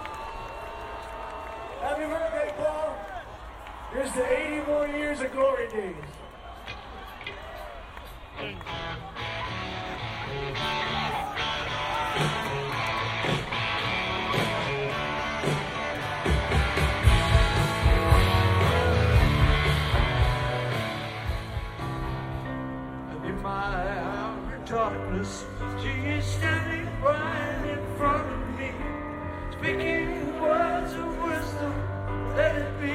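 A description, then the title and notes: A walk through Glastonbury Festival, with voices talking over a shifting wash of crowd noise. For the first eight seconds a few people speak with rising, sing-song tones; then music with a heavy low beat swells in, loudest around 17 to 20 seconds, before thinning into rhythmic pulses. Take a walk through Glastonbury Festival from the entry gates up to the stone circle.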